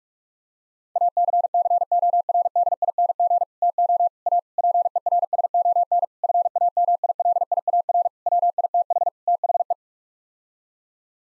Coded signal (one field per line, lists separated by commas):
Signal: Morse code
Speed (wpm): 46 wpm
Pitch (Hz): 700 Hz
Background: none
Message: ACCORDING TO A PERSON FAMILIAR WITH THE